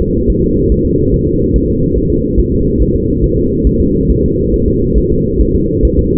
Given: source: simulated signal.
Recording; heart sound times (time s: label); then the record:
fetal heart sounds
0.02 s: S2
0.30 s: S1
0.44 s: S2
0.72 s: S1
0.86 s: S2
1.14 s: S1
1.28 s: S2
1.56 s: S1
1.70 s: S2
1.98 s: S1
2.12 s: S2
2.40 s: S1
2.54 s: S2
2.82 s: S1
2.96 s: S2
3.24 s: S1
3.38 s: S2
3.67 s: S1
3.81 s: S2
4.10 s: S1
4.25 s: S2
4.54 s: S1
4.68 s: S2
4.98 s: S1
5.12 s: S2
5.41 s: S1
5.56 s: S2
5.85 s: S1
5.99 s: S2
From the record:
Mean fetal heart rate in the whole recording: 140 bpm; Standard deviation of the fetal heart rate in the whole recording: 2 bpm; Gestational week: 34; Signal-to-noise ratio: -14.7 dB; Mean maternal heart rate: 72 bpm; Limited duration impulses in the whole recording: present